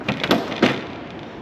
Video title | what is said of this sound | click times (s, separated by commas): G-GHST Cowling Remove and Replace | There you go. That one just clicked in there, | 0.3 s